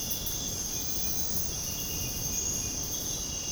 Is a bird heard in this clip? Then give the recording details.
no. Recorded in dense forest near Puerto Asís, Putumayo, Colombia, on 29 June 2025 at 05:00. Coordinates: 0.486, -76.317. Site G065